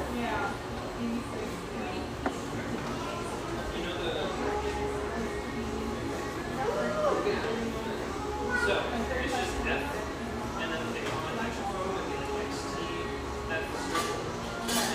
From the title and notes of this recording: Tacoma, Washington. Lively ambience from this rustic, bayside coffeeshop.